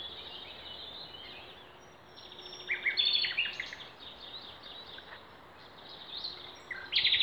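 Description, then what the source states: Several songbirds singing together, a clear buzzy trill around the middle among high twitters, and another loud trilled phrase at the end. Wild songbirds singing in Demerje forest, 28 April 2020.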